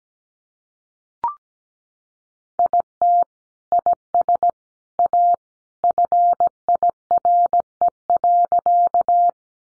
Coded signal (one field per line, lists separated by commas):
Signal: Morse code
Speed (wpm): 17 wpm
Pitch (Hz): 700 Hz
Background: none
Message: IT IS A FIRE.